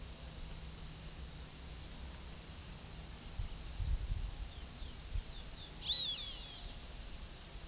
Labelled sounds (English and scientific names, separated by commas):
White-lored Euphonia (Euphonia chrysopasta), Roadside Hawk (Rupornis magnirostris)